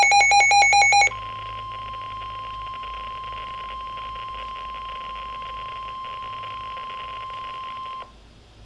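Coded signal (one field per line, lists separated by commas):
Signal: Emergency Alert System (SAME) tones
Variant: 1050 Hz attention tone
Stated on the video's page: Real Special Marine Warning for Chesapeake Bay areas, recorded from a Midland WR-100 weather radio.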